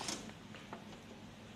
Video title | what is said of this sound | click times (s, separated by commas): Unboxing and HDD install Samsung NVR SRN-1673SP | enggak bunyi ya. | none